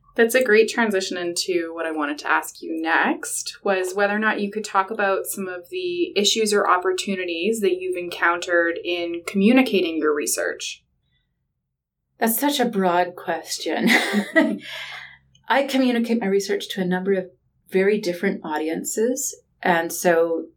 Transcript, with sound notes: That’s a great transition into what I wanted to ask you next, was whether or not you could talk about some of the issues or opportunities you’ve encountered in communicating your research.
That’s such a broad question. [laughter] I communicate my research to a number of very different audiences and so